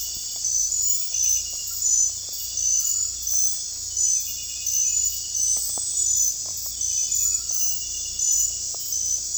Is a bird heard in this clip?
no